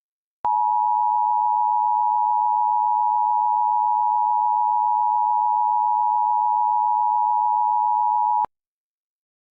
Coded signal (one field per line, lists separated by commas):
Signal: Emergency Alert System (SAME) tones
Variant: 853 and 960 Hz attention tone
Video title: EAS Scenario - Deep Freeze